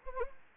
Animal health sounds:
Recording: mosquito wingbeat signal from an infrared sensor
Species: Anopheles arabiensis

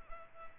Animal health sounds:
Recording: mosquito wingbeat signal from an infrared sensor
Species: Culex pipiens

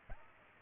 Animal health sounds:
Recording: mosquito wingbeat signal from an infrared sensor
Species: Aedes albopictus

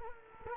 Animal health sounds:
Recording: mosquito wingbeat signal from an infrared sensor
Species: Culex quinquefasciatus

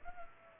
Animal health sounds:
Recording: mosquito wingbeat signal from an infrared sensor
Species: Culex pipiens

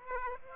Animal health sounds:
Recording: mosquito wingbeat signal from an infrared sensor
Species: Aedes aegypti

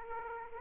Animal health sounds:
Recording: mosquito wingbeat signal from an infrared sensor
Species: Aedes aegypti

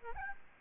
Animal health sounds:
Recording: mosquito wingbeat signal from an infrared sensor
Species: Aedes albopictus

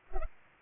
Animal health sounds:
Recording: mosquito wingbeat signal from an infrared sensor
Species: Culex pipiens

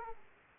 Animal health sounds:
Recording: mosquito wingbeat signal from an infrared sensor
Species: Aedes aegypti

